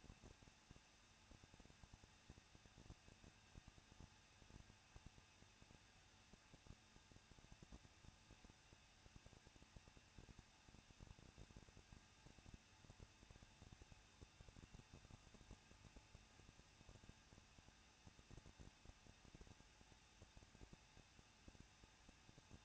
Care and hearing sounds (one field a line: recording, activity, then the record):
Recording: daily activity, microphone in the room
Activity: no activity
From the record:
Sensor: 2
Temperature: 21.0 degrees Celsius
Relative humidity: 37.3%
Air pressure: 1006.2 hPa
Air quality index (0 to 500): 221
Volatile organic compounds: 24 ppm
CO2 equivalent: 2802 ppm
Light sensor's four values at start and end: 2/3/2/2 and 2/3/2/2